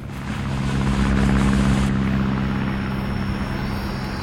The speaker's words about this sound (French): À la sortie de la ville, sur l'aérodrome de Bangui, l'effervescence est à son comble. Depuis plusieurs jours, des avions cargo se posent et redécollent dans un balai incessant.